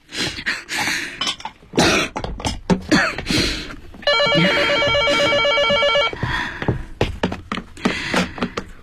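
A telephone rings in one steady, buzzing two-second burst with a bright warbling tone, set among scattered coughs, thumps and clattering noises before and after.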